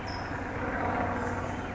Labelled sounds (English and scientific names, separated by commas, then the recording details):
California Towhee (Melozone crissalis)
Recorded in Sonoma County, California